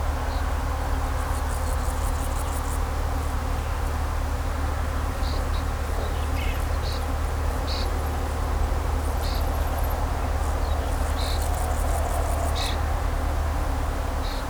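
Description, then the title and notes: Bees keep up an unbroken hum, with quick chirps and rapid high ticking bursts above it and a steady low rumble beneath. Bees buzzing among grapevines in vineyards at Kallstadt, Germany, in rural countryside, with birds singing and road traffic noise in the background. "In Kallstadt summen die Bienen. In den Reben, Kallstadt, Deutschland. Natur, Weinreben, Bienen summen, Vögel singen, Fahrgeräusche von Straße, Land"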